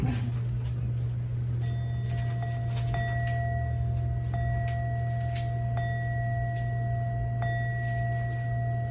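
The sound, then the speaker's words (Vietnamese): A bell is struck several times at uneven intervals, each strike leaving a sustained, ringing mid-pitched tone that overlaps the next, over a steady low hum and no talking. “Cái tiếng chuông này nè, cái người đánh chuông là đánh bằng tâm thiện hay tâm bất thiện?”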